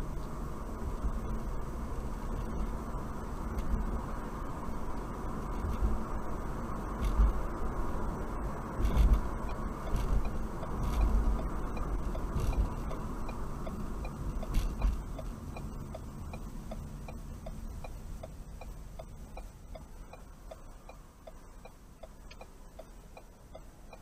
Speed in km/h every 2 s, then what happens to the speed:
48, 53, 55, 56, 56, 56, 45, 31, 19, 10, 5, 3.
0-6 speeds up to 56. 6-11 steady at about 56. 11-24 brakes to 3.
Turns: none.